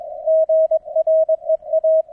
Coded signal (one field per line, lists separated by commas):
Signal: Morse code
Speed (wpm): 21 wpm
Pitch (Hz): 640 Hz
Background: none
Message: GREA